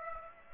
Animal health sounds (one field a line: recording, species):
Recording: mosquito wingbeat signal from an infrared sensor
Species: Aedes aegypti